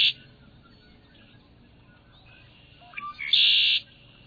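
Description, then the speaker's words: Red-winged blackbird song: a short opening note, then a long quiet gap, then a few short notes leading into a harsh, buzzy trill near the end. Marsh bird with a brassy voice. "The brassy voice belongs to a red-winged blackbird."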